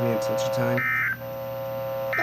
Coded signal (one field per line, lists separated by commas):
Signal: Emergency Alert System (SAME) tones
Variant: end-of-message bursts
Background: speech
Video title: (EAS #24-25) DOUBLE HEADER! Severe Thunderstorm Warning for Stephenson and Ogle, Illinois